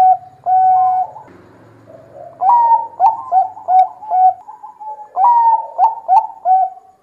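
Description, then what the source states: Zebra dove song: a coo followed by a rapid series of short, hiccuping notes that fall and end in a longer drawn-out note, the series given twice. Zebra dove song used as a lure; bird in full, lively song.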